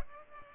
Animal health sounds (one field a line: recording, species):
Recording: mosquito wingbeat signal from an infrared sensor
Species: Culex pipiens